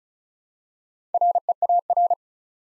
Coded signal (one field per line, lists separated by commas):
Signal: Morse code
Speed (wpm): 36 wpm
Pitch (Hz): 700 Hz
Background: none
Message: REAR